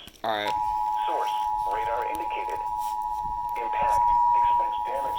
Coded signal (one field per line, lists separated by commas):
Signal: Emergency Alert System (SAME) tones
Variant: 853 and 960 Hz attention tone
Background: speech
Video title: EAS 2741-2743 PBZ SVR (The one where my EH55 goes off the second time does not count)